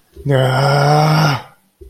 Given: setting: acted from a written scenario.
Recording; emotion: vocal sound without words; shame